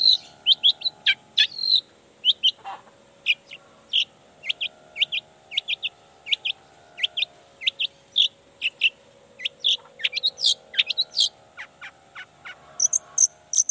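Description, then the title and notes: Long-tailed shrike song: a rapid, varied jumble of sharp chirps and clicks, some slurred downward, with brief pauses and a steady low hum behind. Cendet song in the morning, described as gacor (singing intensely) with toet toet variations, used to provoke other cendet into answering. "Cendet Gacor Dor Di Kala Pagi Toet Toet Variasi Suara. Cendet Gacor Pagi Hari Biangnya Bikin Cendet Manapun Langsung On Nyaut Buka Materi. Burung cendet"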